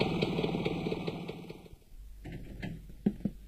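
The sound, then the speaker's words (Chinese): A motorcycle engine downstairs rumbles with a rapid, pulsing putter for a couple of seconds as it arrives, then drops away to a low steady hum with a few sharp clicks and knocks. “正在他犹豫不决的时候，楼下响起了摩托车的声音。”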